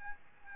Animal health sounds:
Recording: mosquito wingbeat signal from an infrared sensor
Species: Aedes albopictus

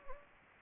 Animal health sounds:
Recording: mosquito wingbeat signal from an infrared sensor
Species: Anopheles gambiae

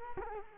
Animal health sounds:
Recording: mosquito wingbeat signal from an infrared sensor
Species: Culex quinquefasciatus

